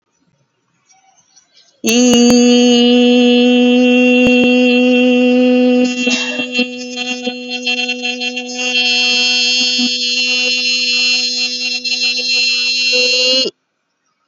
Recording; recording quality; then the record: sustained vowel as in beet; excellent, no background noise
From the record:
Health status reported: COVID-19 positive, mild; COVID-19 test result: positive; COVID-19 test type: rapid antigen test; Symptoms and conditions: cough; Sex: female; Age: 31 years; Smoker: no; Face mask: not worn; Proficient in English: yes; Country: India